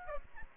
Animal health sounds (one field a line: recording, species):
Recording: mosquito wingbeat signal from an infrared sensor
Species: Aedes albopictus